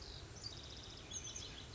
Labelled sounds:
Oak Titmouse (Baeolophus inornatus)
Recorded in Sonoma County, California

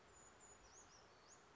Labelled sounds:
Brown Creeper (Certhia americana)
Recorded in Sonoma County, California

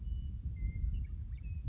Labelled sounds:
Western Meadowlark (Sturnella neglecta)
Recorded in Sonoma County, California

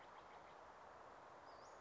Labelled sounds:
Western Flycatcher (Empidonax difficilis)
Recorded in Sonoma County, California

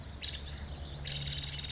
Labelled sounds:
Nuttall's Woodpecker (Dryobates nuttallii)
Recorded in Sonoma County, California

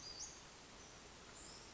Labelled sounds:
Western Flycatcher (Empidonax difficilis)
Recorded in Sonoma County, California

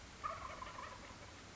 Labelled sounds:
Wild Turkey (Meleagris gallopavo)
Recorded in Sonoma County, California

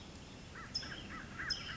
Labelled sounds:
American Crow (Corvus brachyrhynchos)
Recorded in Sonoma County, California

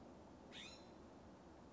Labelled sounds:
California Scrub-Jay (Aphelocoma californica)
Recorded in Sonoma County, California

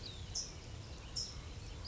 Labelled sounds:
California Towhee (Melozone crissalis)
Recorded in Sonoma County, California

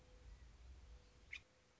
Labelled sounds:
Mourning Dove (Zenaida macroura)
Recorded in Sonoma County, California

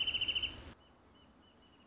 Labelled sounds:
Wrentit (Chamaea fasciata)
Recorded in Sonoma County, California

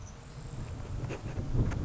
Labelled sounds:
Grasshopper Sparrow (Ammodramus savannarum)
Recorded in Sonoma County, California

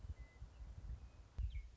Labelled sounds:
Western Meadowlark (Sturnella neglecta)
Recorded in Sonoma County, California

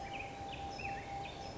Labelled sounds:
Black-headed Grosbeak (Pheucticus melanocephalus)
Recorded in Sonoma County, California

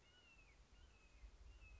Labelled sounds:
Red-shouldered Hawk (Buteo lineatus)
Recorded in Sonoma County, California

